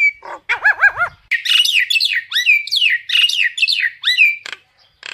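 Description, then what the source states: Common myna calling with bubbly arching notes, then a dense run of buzzy, downslurred whistles and squawks. Calling the flock.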